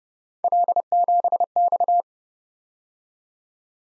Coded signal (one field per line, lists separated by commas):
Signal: Morse code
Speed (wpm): 31 wpm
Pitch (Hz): 700 Hz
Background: none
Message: L7X